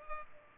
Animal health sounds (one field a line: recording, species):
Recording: mosquito wingbeat signal from an infrared sensor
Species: Culex pipiens